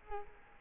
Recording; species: mosquito wingbeat signal from an infrared sensor; Culex quinquefasciatus